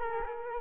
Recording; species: mosquito wingbeat signal from an infrared sensor; Culex quinquefasciatus